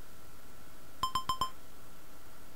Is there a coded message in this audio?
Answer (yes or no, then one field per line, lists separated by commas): no